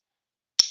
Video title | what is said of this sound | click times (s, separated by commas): Late Knife - Live Unboxing | cuz it clicks into place and it holds tight. | 0.6 s